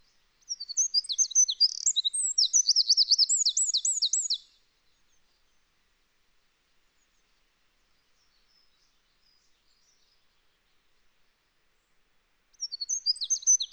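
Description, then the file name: Eurasian wren song in two bursts: a four-second high, rapid trilling phrase, a long quiet pause, then the next loud phrase beginning near the end. "Troglodytes troglodytes"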